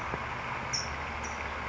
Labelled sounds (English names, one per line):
California Towhee